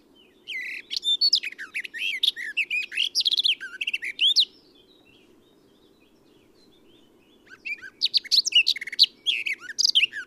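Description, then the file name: Eurasian blackcap gives a hurried warbling phrase with clear fluty notes, pauses about three seconds, then launches into another similar burst; faint steady hum underneath. "Sylvia atricapilla"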